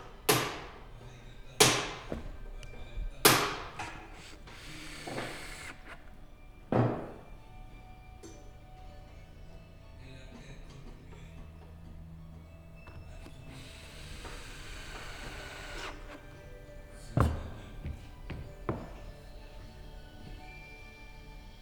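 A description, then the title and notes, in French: Workshop sounds from a construction shop: sharp knocks and clanks ring out in a quick run during the first seven seconds, then a lull with a low hum and a faint hiss. Two or three more impacts land around seventeen to nineteen seconds. Ateliers de construction. Sons d'ateliers (ambiance sonore utilisée sur le spectacle en multipiste).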